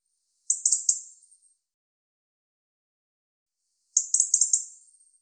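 European robin giving two short high-pitched bursts of fast chattering ticks, separated by a pause of about two and a half seconds, with no other sounds.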